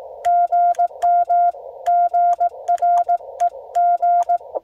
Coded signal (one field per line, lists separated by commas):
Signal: Morse code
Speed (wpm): 17 wpm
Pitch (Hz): 700 Hz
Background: none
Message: GM GREG